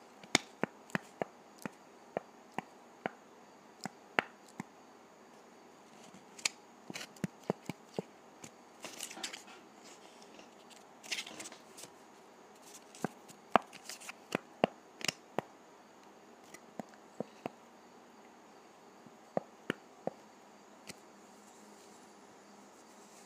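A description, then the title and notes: Dry putty being handled, with sharp, crisp crackles and snaps scattered irregularly across the whole stretch, sometimes in quick clusters and sometimes singly. The clicks are bright and brittle over a soft, steady hiss, with the densest bursts around the middle. ASMR Dry Putty.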